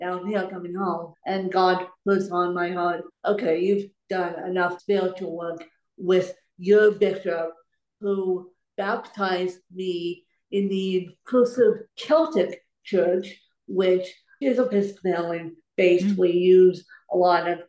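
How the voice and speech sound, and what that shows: An adult woman with cerebral palsy speaks slowly and choppily in short bursts, with lengthened sounds and distorted consonants, fitting dysarthria.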